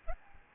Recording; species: mosquito wingbeat signal from an infrared sensor; Aedes albopictus